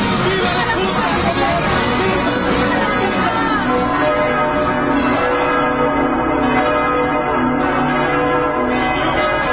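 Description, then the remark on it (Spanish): Church bells peal in a steady, overlapping clamor of ringing tones that never pauses, with a busy crowd of happy people out in the streets murmuring beneath them throughout. “Sí, salieron a las calles, se iluminaron las plazas, hubo repique de campanas”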